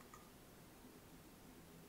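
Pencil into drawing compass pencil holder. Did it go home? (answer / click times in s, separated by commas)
yes / 0.1 s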